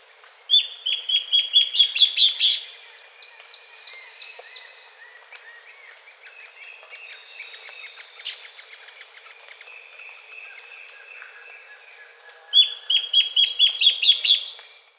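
Bird calls, a run of rapid, repeated high notes that comes twice, with softer chirps between and a constant high insect drone throughout.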